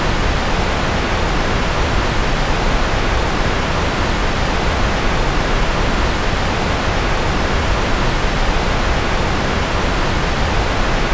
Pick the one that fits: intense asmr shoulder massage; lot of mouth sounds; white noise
white noise